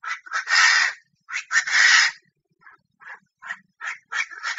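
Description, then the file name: Chinese francolin giving loud, drawn-out grating calls, then a run of quieter, quickly repeated notes that build up again. Female calling in Thailand. "tieng chim da da mai goi trong thai lan"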